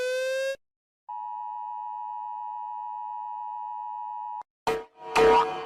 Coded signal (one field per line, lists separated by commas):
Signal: Emergency Alert System (SAME) tones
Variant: 853 and 960 Hz attention tone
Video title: The Ultimate Rating of eas alarms